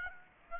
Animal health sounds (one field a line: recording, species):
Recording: mosquito wingbeat signal from an infrared sensor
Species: Aedes aegypti